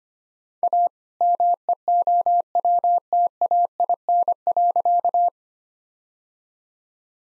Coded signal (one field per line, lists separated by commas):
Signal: Morse code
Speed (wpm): 25 wpm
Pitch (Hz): 700 Hz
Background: none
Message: A MEOWTAIN.